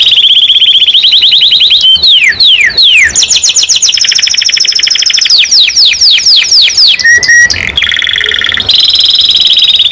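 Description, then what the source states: Canary song: rapid high trills alternating with downward-sweeping notes and brief whistles, a continuous varied stream. Singing constantly (gacor); champion-level singer, first place winner.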